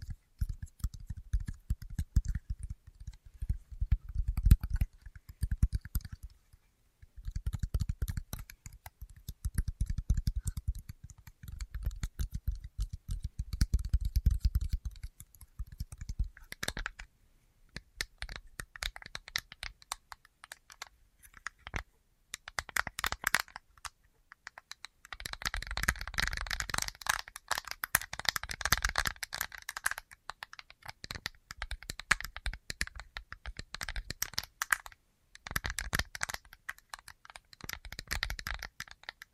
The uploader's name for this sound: Tapping Assortment